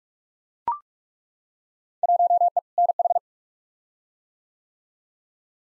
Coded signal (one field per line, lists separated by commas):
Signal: Morse code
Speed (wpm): 42 wpm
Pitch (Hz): 700 Hz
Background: none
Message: 1E NH